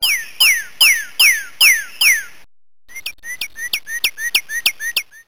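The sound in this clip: Northern cardinal singing six loud, clear down-slurred whistles, then a fast series of short, sharp rising notes repeated about five times per second.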